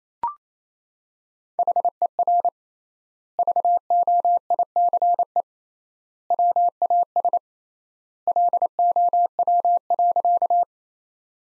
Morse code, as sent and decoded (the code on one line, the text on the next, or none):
.... . .-. / ...- --- .. -.-. . / .-- .- ... / .-.. --- .-- .-.-.-
HER VOICE WAS LOW.